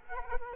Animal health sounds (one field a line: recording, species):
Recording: mosquito wingbeat signal from an infrared sensor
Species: Culex quinquefasciatus